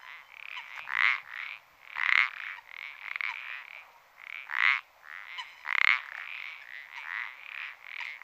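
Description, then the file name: Common parsley frog with creaky croaks coming almost continuously, a few louder calls standing out. "pelodyte-ponctué"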